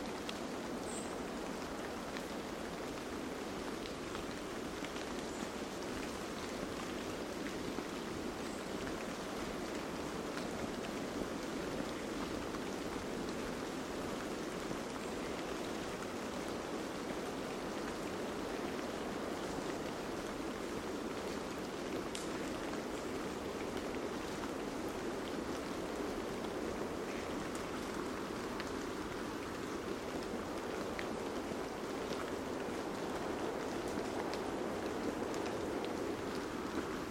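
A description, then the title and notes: A steady, dense wash of sound at Cape Disappointment on the Pacific coast of Washington, hissing like rain or surf. It holds an even level for the whole stretch, centred in the middle range with little deep rumble, and scattered faint ticks come through. Recorded August 25th, 2022 at Cape Disappointment on the Pacific Coast in Washington.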